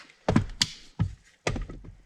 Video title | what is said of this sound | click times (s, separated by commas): 2020-2024 Ford Explorer Cabin Air Filter Replacement | um if you push it in it snaps into place | 0.6 s